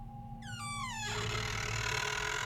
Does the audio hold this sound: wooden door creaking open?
yes